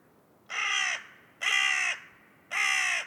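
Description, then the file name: Carrion crow calling three rasping, drawn-out caws about one second apart, each roughly half a second long and steady in pitch. "Corvus corone"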